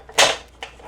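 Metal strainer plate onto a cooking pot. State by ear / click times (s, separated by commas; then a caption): seated / 0.2 s, 0.6 s. A metal strainer plate is pressed into position on a cooking pot after giving trouble, though it usually snaps right in. A loud, bright metallic snap at 0.2 s rings briefly and fades, followed by a second, sharper click at 0.6 s. The plate seats onto the pot.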